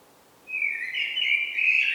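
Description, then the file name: Common blackbird call, a clear whistled phrase starting after a short pause, wavering and holding steady at a mid-high pitch, with faint background hiss. "Turdus merula"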